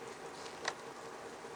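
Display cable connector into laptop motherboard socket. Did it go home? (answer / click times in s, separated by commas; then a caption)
yes / 0.7 s. A laptop display cable connector is plugged into the motherboard socket and snaps into place at 0.7 s, the loudest of several small hits over a steady background hiss. It seats, though not as tightly as on the original board.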